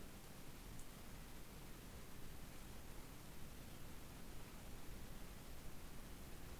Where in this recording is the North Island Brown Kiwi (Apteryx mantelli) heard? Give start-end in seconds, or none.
none